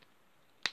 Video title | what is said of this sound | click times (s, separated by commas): VC159 Sith Jet Trooper - Star Wars Vintage Collection | it's not a problem he snaps back in there | 0.7 s